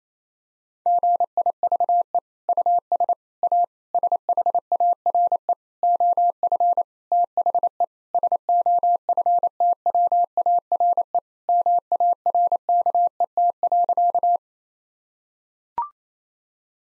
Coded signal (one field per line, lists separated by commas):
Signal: Morse code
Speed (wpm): 27 wpm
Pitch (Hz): 700 Hz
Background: none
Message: GIVE US A SHARE OF THE SOFTWARE MARKET.